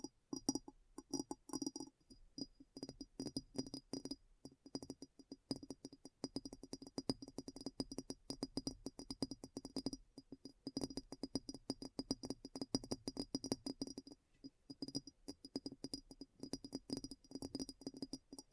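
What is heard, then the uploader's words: Fingertips tap rapidly and steadily on a hard surface, dense bursts of short knocks with a slightly glassy click on top. The rhythm runs nearly continuously for the whole stretch, briefly thinning around the 2-second and 14-second marks before resuming. ASMR Addictive Tapping. (No Talking).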